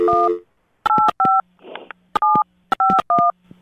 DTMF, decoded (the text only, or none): 185 751